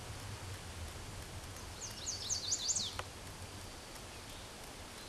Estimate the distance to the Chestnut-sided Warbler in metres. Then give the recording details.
about 10 m. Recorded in a Pennsylvania forest on 17 May 2023 at 14:05. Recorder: AudioMoth, point grid1_32_low. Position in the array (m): 107 m, 125 m